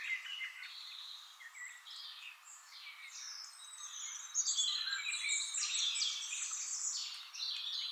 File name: Erithacus rubecula